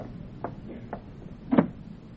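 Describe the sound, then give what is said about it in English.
A door is pushed shut: a couple of soft knocks and rattles lead up to one firmer thud near the end. There is no talking, just faint background hum. “Close the other door, will you?”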